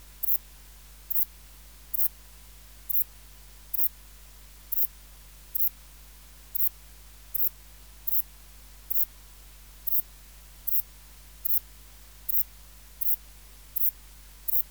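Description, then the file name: Saddle-backed bush-cricket singing a long sequence of clipped, high, scratchy chirps at an even tempo over low background hum. "Ephippiger cruciger"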